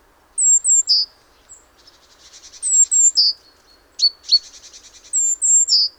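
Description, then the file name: Great tit giving repeated calls: pairs of thin high notes dropping to a sharp note, three times, with soft dry buzzy stutters between. "Parus major"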